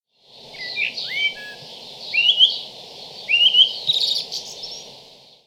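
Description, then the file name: Tui song: a varied mix of clear rising and falling whistles and slurred notes. New Zealand. "Tui New Zealand Bird"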